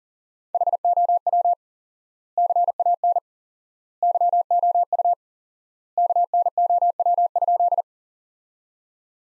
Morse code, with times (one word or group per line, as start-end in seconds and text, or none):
0.5-1.5 HOW
2.4-3.2 CAN
4.0-5.1 YOU
6.0-7.8 KNOW?